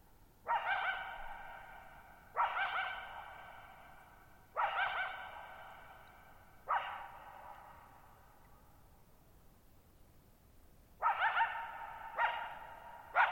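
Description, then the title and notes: Coyote repeats harsh harmonic barks and bark-howls every two seconds, falls silent for several seconds, then resumes with three quicker barks, all ringing with long echoes. Lone coyote at night, July 14, 2019, Thirtymile Meadows, Okanogan National Forest, Okanogan High Country, 6400 ft (1950 m); tall sharp mountains on a high, mostly dry plateau; shallow bowl-shaped meadow. "Lone Coyote at Thirtymile Meadows. I spent the night of July 14, 2019, camped near Thirtymile Meadows in the Okanogan National Forest at 6400 ft (1950 m)"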